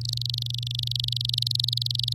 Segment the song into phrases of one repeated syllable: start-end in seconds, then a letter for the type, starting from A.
0.01-2.13 A